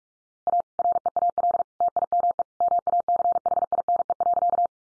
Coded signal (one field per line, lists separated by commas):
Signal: Morse code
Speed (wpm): 46 wpm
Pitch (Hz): 700 Hz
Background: none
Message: A REAL TIME MACHINE.